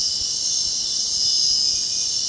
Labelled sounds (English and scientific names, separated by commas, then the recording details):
none
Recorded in dense forest near Puerto Asís, Putumayo, Colombia, on 25 June 2025 at 20:30
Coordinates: 0.499, -76.324
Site G100